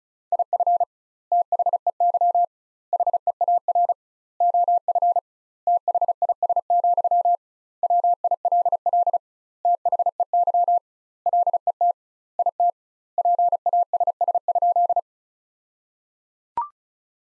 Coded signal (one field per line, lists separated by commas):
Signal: Morse code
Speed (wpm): 34 wpm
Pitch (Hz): 700 Hz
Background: none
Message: IF THEY HEAR OF THIS, WILL THEY LET IT PASS?